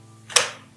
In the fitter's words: the pole snaps on here. You want to hear that good click and know you're in.